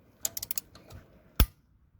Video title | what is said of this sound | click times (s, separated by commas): Step by Step Guide on How to Service Your Brakes (for under £30!) | Okay. And then you'll hear a click | 1.4 s